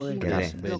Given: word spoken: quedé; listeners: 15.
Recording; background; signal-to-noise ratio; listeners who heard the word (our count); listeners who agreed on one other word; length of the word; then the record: one Spanish word in noise, from a listening test; four-talker babble; 0.8 dB; 2 of 15; 6 of 15; 0.40 s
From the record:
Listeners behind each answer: 6, 2, 2, 2, 1, 1, 1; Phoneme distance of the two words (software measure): 17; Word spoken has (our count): 2 syllables, 4 phonemes, stress on syllable 2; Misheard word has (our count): 2 syllables, 5 phonemes, stress on syllable 2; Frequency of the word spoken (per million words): 15.44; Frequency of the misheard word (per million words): 36.04